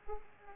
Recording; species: mosquito wingbeat signal from an infrared sensor; Aedes aegypti